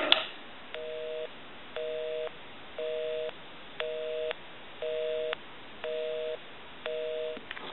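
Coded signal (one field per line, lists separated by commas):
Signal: telephone call progress tone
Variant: North America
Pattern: busy tone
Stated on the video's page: French style rotary telephone during initial checkout and repair.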